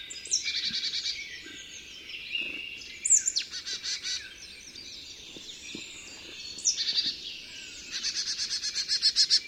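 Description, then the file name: Marsh tit calls: clear sharp notes at intervals, with rapid buzzy trains of repeated notes, set against a constant background chorus of other birds. "Poecile palustris"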